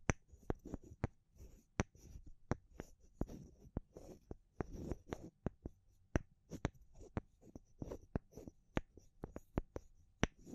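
Wood, bamboo and straw being handled, with sharp dry taps and clicks landing irregularly, several per second, some clustered in quick bursts. Between the taps come soft scratchy rustles and brushing sounds. A faint steady high hiss stays underneath throughout.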